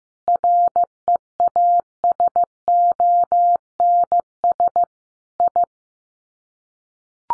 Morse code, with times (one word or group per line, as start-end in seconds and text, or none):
0.3-4.8 REASONS
5.4-5.6 I